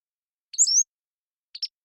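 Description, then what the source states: Pacific-slope flycatcher singing: a thin, high slurred phrase that swoops up and down, then a brief clipped double note, with silence between. Long song sequence captured with a parabolic microphone, with natural rhythm and pace.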